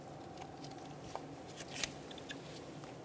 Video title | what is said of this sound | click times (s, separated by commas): How to Replace Ignition Control Module 1988-1999 GMC K1500 5.7L V8 | push until you hear that click | 1.8 s